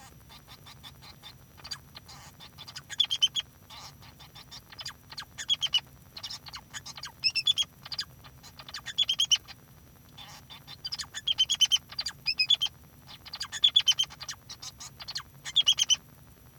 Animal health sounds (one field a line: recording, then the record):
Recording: song of a male Bengalese finch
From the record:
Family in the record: son of father 2